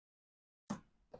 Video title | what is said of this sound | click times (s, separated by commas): Part 2 LS V8 Build Swap Project 2nd Generation Toyota Tacoma Fuel Pump Upgrade How To | that it snaps in place I had forgotten about that on the original uh | 0.7 s